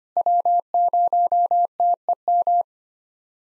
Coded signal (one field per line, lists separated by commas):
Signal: Morse code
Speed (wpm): 25 wpm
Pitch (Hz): 700 Hz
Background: none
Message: W0TEM